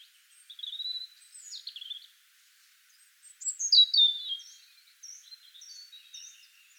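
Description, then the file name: European robin singing thin, high, drawn-out descending notes and a louder slurred phrase, ending with a few short repeated high notes. "Erithacus rubecula"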